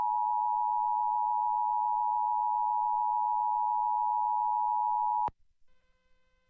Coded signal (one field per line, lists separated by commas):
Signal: Emergency Alert System (SAME) tones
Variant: 853 and 960 Hz attention tone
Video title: EAS Required Monthly Test Arkansas/New Mexico +WeatherSTAR4000